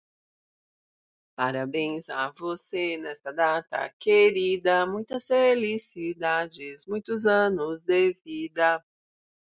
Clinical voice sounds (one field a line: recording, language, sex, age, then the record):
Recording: short text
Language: Brazilian Portuguese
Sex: female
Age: 50 to 59 years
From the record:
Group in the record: control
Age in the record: 50 years